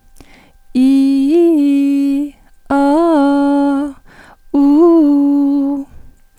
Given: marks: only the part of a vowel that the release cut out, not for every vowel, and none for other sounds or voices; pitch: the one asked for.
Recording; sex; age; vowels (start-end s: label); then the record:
sustained vowels; female; 90 to 99 years
0.80-2.17 s: vowel /i/, low-high-low pitch
2.73-3.80 s: vowel /a/, low-high-low pitch
4.58-5.72 s: vowel /u/, low-high-low pitch
From the record:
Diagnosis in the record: hyperfunctional dysphonia, dysodia (singing voice disorder); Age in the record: 90 years or older